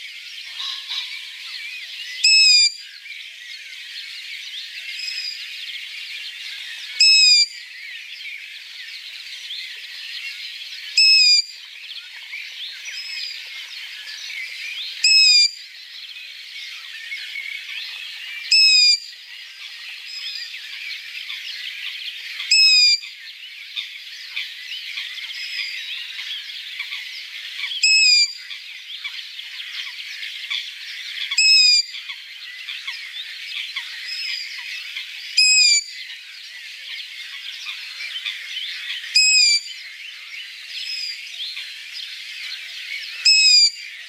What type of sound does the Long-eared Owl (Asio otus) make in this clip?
song